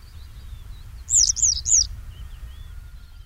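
Iberian yellow wagtail call: three loud, high, slurred chirps in quick succession, with faint bird notes and low rumble behind.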